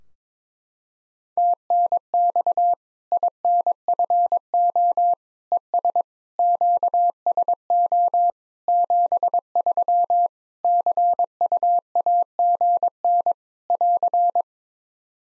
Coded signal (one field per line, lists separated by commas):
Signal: Morse code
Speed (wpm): 22 wpm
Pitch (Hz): 700 Hz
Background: none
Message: TNX INFO ES QSO 73 CUAGN <AR>